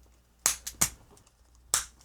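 The plastic waist section of a Blokees Action Edition Transformers One Optimus Prime (Orion Pax) model-kit action figure is popped together into the torso. Sharp, bright plastic snaps ring out at 0.5, 0.8 and 1.7 seconds, with a quieter tick between the first two. The waist joint is seated.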